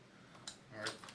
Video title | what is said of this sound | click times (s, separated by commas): MVSC Inservice Perfusor Syringe Pump | To put it back on, you simply put it in the grooves on the side, push it in till you hear it click. | 0.5 s